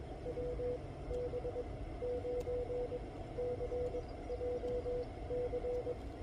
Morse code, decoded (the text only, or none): WB9CJC